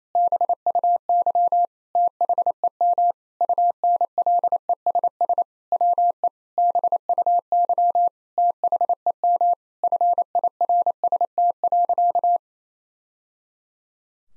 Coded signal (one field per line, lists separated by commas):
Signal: Morse code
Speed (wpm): 28 wpm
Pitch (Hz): 700 Hz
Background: none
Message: BUY THEM UNLESS WE BUY THEM FIRST.